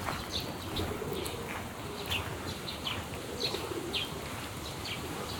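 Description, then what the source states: Pigeon wing flaps, soft papery flutters and taps scattered through the few seconds, over a steady low outdoor rumble. Recorded on a weekday afternoon in a park in Tokyo; pigeons resting and flapping off in flight amid calm everyday park sounds.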